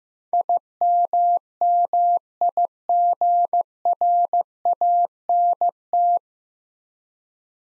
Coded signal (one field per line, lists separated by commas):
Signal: Morse code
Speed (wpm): 15 wpm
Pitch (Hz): 700 Hz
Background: none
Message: IMMIGRANT